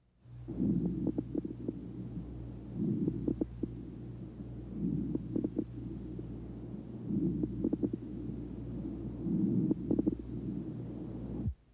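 Adult lungs heard by stethoscope: five breaths in about 11 seconds, roughly 26 a minute, each carrying clusters of low-pitched popping, bubbling clicks over a steady low hum. These are coarse crackles, a sign of secretions in the larger airways.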